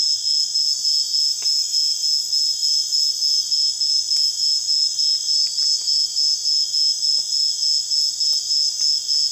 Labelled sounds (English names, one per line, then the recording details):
none
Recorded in secondary vegetation near Puerto Asís, Putumayo, Colombia, on 30 June 2025 at 03:00
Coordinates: 0.485, -76.322
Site GP06